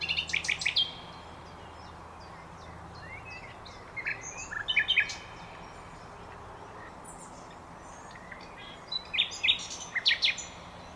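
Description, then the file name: Common nightingale singing three separate phrases of quick, repeated high notes spaced several seconds apart, with softer whistles and chirps in between. "Luscinia megarhynchos"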